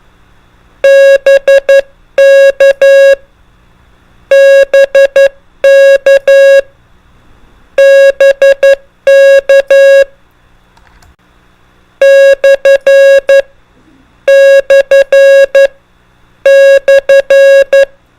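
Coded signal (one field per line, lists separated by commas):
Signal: Morse code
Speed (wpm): 11 wpm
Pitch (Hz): 550 Hz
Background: music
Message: BK BK BK / / /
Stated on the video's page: Morse code examples of common procedural signals, prosigns and CW abbreviations.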